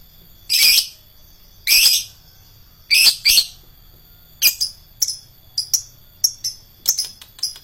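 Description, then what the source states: Lovebird calls: a few harsh, rasping high bursts followed by a quicker run of short sharp chips and clicks. Adult lovebird kept as a fighter bird.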